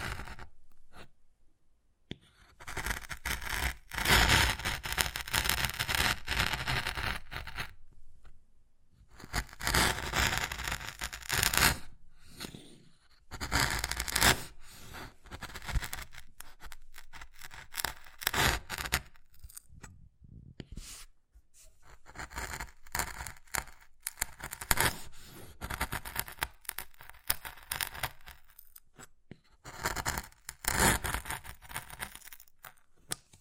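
Wood carving, with bursts of scraping and scratching as a blade works the surface in uneven strokes. The bursts run from under a second to a few seconds, broken by short silences, and the sound is rough and hissy with little low thump.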